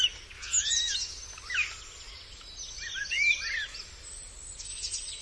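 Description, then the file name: Common starling song of tangled whistles, slurred squeaks and scratchy chatter, rising and falling in short bursts. "Szpak"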